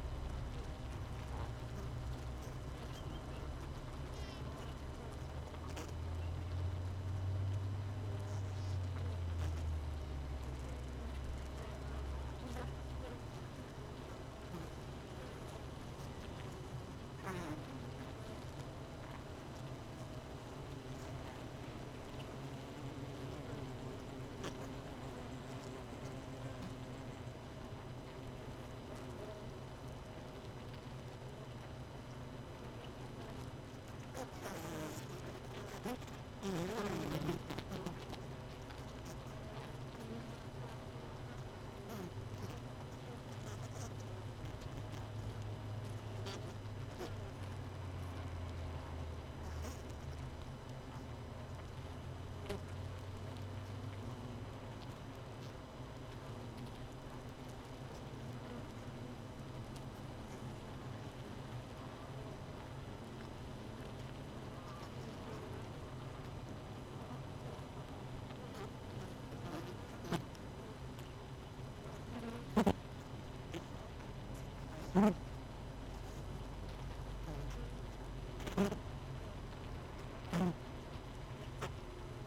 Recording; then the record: honeybee colony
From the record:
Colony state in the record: missing queen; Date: 31 May 2018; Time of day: 17:56